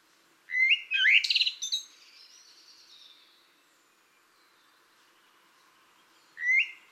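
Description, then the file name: Common blackbird singing a fluted, warbled phrase that breaks into a high scratchy twitter, then a fresh phrase starts about five seconds later. "Turdus merula"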